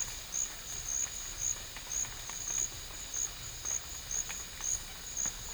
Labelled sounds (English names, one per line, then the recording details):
none
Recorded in dense forest near Puerto Asís, Putumayo, Colombia, on 21 December 2024 at 12:00
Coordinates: 0.484, -76.325
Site G056